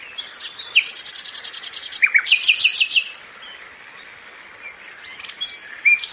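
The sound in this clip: Nightingale song with a high rattling trill, a run of sharp repeated notes and scattered thin whistles.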